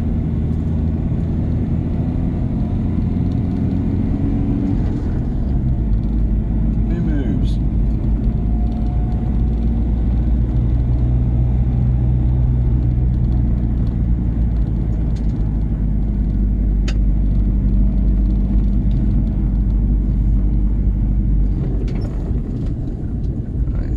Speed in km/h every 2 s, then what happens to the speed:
34, 37, 37, 34, 35, 39, 37, 34, 31, 32, 31, 24.
0-11 steady at about 35. 11-16 slows to 31. 16-21 steady at about 31. 21-24 brakes to 24.